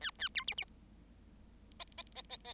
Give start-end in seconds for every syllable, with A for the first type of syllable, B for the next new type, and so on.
0.01-0.10 A, 0.18-0.28 A, 0.34-0.44 B, 0.47-0.54 C, 0.57-0.65 C, 1.79-1.84 D, 1.97-2.02 D, 2.15-2.22 D, 2.29-2.37 D, 2.44-2.53 D